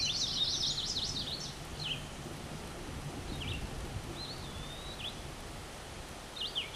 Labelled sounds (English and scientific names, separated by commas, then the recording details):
Eastern Wood-Pewee (Contopus virens) song
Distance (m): 40 m
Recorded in a Pennsylvania forest on 17 May 2023 at 13:50
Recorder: AudioMoth, point grid1_10_low
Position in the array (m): 59 m, 132 m